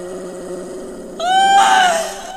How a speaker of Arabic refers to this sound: صرخة عالية جت من ناحية البيت.